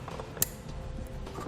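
The fog light electrical connector on a 2014 Jeep Grand Cherokee is plugged back into its harness before the fascia is reinstalled. Among faint creaks and ticks, one sharp, bright click stands out. The connector latches and seats at 0.4 s.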